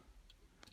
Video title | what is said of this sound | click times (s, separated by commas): It's easy! How to replace the motor brushes on a Bosch washing machine. DIY how to. Full process. | there it is and the little tab will pop up | 0.6 s